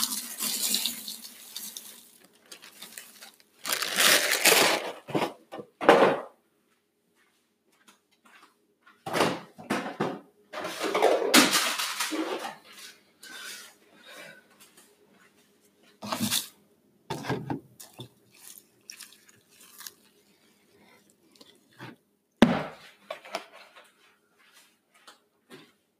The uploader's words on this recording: Cereal eating. Today's cereal is HONEY BUNCHES OF OATS.